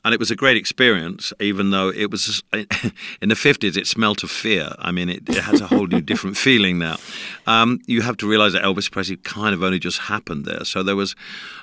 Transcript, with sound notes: And it was a great experience, even though it was - in the '50s it smelt of fear.
(Laughter).
I mean, it has a whole new, different feeling now. You have to realize that Elvis Presley kind of only just happened there.